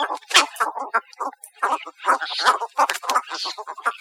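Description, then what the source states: Cattle Egret calls: many guttural, clucking croaks packed closely together, several birds calling at once in a busy, noisy group. Recorded in Costa Rica on 4 August 2008.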